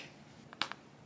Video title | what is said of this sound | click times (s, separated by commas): Modda Crochet Hippo Kit - Video Tutorial | all right so now that the backs are snapped on I'm going to add a little more stuffing to the top of the hippo's head | 0.6 s